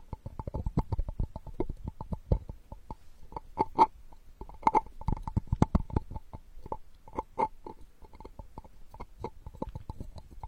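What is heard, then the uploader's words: Ear digging with a straw makes a dense run of quick scratchy clicks and soft low thumps, nearly continuous for the whole ten seconds. Sharper, brighter scrapes stand out around the four- and five-second marks, with slightly sparser, lighter clicking toward the end. Unique straw therapy ear digging experience.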